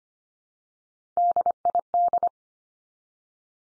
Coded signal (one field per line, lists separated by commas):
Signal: Morse code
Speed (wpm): 25 wpm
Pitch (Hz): 700 Hz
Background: none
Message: DID